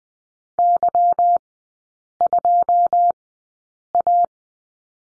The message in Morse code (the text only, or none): Y2A